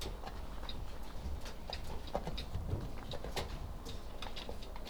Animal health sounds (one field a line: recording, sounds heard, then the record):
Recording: poultry house recording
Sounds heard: sick chickens (respiratory disease)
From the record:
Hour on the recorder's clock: 14